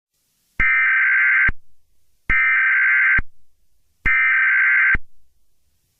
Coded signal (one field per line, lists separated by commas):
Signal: Emergency Alert System (SAME) tones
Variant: header bursts